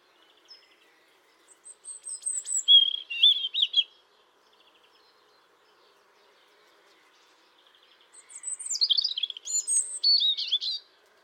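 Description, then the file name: European robin sings two separate warbling phrases of thin high whistles and tumbling trills, separated by about four seconds of near silence. "Erithacus rubecula"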